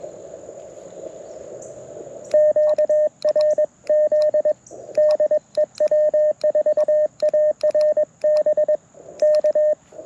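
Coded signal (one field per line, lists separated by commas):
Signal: Morse code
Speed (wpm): 22 wpm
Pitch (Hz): 590 Hz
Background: radio noise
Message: QRZ DE W4ARB K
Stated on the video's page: QRP Morse from a Parks on the Air activation on a Mountain Topper MTR4B with Bamatech paddles, ATU-10 tuner and PackTenna random wire.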